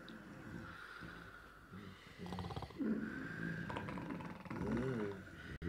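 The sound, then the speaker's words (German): Several men snore at once in a ship's cabin, as if competing, their rasping, snorting breaths overlapping in an uneven rhythm, with low rumbling inhales and occasional higher wheezy whistles rising over the steady background. “Aber dann, als die Männer wieder in ihrer Kajüte waren, begannen sie plötzlich, um die Wette zu schnarchen.”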